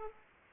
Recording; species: mosquito wingbeat signal from an infrared sensor; Aedes aegypti